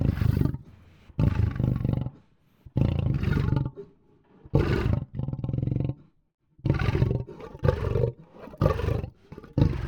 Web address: lion growl